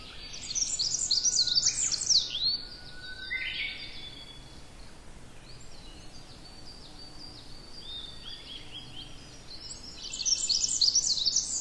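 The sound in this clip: Tree pipit song: bright, rapid high trills and repeated slurred notes in bursts, a loud phrase at the start, quieter notes in the middle, another loud burst near the end.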